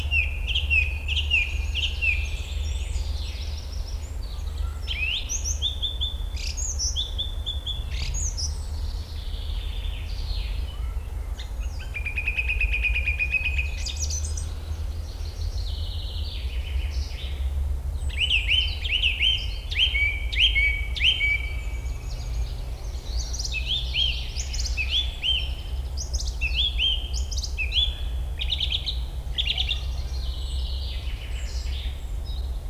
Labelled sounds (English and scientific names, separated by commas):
Song Thrush (Turdus philomelos) song